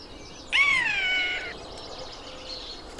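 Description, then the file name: Eurasian jay uttering a single harsh, drawn-out rasping screech lasting about a second, followed by quiet background. "Garrulus glandarius"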